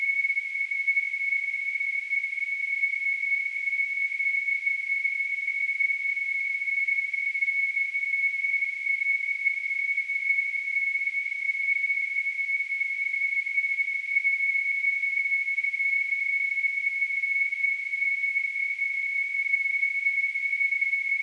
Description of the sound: Tinnitus.